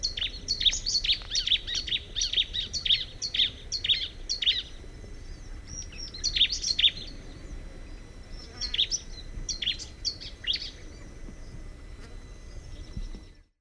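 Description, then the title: Bar-winged prinia delivering rapid high chirps for about five seconds, then shorter bursts of similar notes against steady low background noise. "Ciblek"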